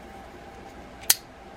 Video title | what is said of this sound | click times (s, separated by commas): Quantum Accurist S3 100 HPT fishing reel how to service | and it will snap into place | 1.1 s